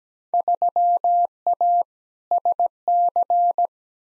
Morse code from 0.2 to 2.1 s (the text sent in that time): 3A